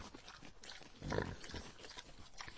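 Pig giving a single low, rough groan about one second in, against a noisy background.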